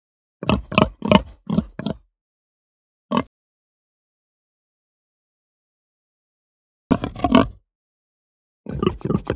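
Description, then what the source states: Pig giving short clusters of deep, rough grunts: a quick burst of five, a single grunt, then two more grunting bouts after a long silence. Hampshire breed pig; grunts described as deep, guttural and fast.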